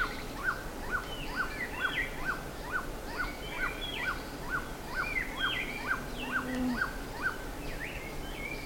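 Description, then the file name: Bird calls: a regular string of short notes roughly twice a second, mixed with higher swooping whistles and chirps from several other birds. "SABIOD 50 bird 2015"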